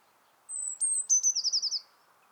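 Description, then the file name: Eurasian blue tit song: two thin, very high whistled notes, then a quick descending trill of about seven rapid notes, lasting just over a second. "Cyanistes caeruleus"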